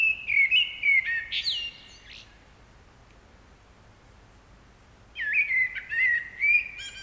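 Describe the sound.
Common blackbird song, two clear fluting whistled phrases with a rising squeaky flourish, separated by a few seconds of quiet.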